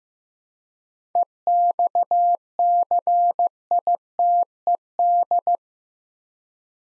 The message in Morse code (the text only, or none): EXCITED